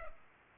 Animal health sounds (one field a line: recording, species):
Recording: mosquito wingbeat signal from an infrared sensor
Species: Culex pipiens